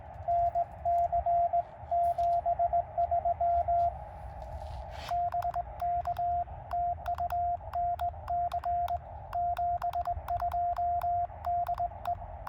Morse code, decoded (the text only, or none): NC 73 BK TU NC 72 DE